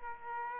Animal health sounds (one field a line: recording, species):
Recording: mosquito wingbeat signal from an infrared sensor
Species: Aedes aegypti